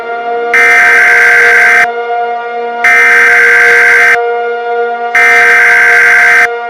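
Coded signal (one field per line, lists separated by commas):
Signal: Emergency Alert System (SAME) tones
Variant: header bursts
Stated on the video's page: Fictional EAS scenario.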